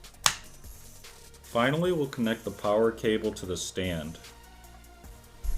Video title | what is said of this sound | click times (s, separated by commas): XBox: Cyberpunk Controller & Pro Charging Stand Unbox & Assembly Tutorial | next we'll install the replacement battery cover and that's just going to snap into place | 0.3 s